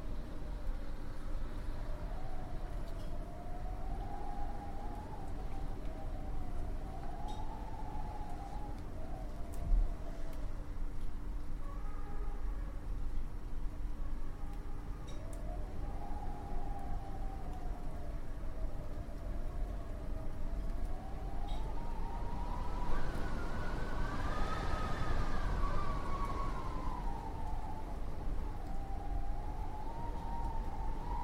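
Wind moans in a steady, wavering tone that slowly rises and falls in pitch, dipping near the ten-second mark and swelling higher and stronger around twenty-three to twenty-six seconds. A constant low rumble sits underneath, with a faint hum throughout.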